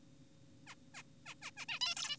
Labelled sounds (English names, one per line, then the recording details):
Zebra Finch
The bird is an adult
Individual g4p5U